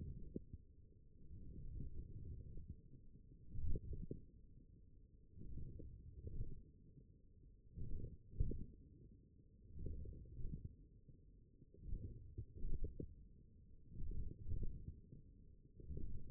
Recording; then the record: forearm muscle sounds (acoustic myography)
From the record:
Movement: wrist flexion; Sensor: system 1, eight BSWA MPA416 microphones around the upper forearm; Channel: 5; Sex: male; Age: 42 years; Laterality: right